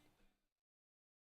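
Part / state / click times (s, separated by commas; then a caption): PC component or connector into its mount in a PC case / not seated / none. A PC component or connector is handled during a build in a travel case, slid over to the side toward its mount. About 0.6 seconds of broadband handling noise is heard, then silence. Nothing has seated or clicked yet.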